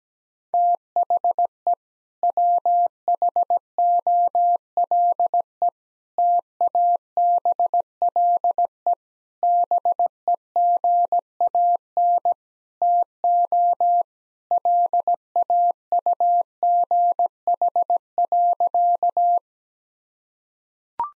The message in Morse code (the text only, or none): THE WHOLE TABLE BEGAN TO LAUGH.